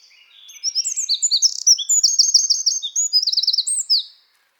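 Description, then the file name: Eurasian wren song, a rapid burst of high, sharp trills and chirps tumbling along for about three and a half seconds, loud and busy throughout. "Troglodytes troglodytes"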